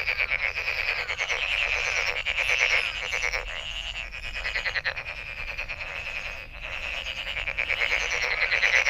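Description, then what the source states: Frogs calling together, a steady wash of fast pulsed croaks that rises and falls in waves with hardly any quiet. Recorded 23 May 2008.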